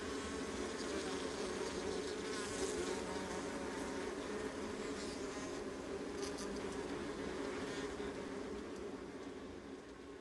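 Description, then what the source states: Honey bee colony buzzing, a dense steady drone with a few faint clicks, easing slightly toward the end. Honey bee colony, recorded close.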